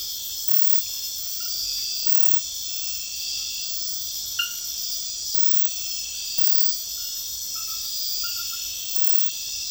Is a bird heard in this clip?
no